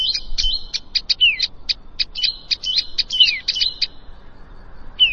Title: Ciblek Sawah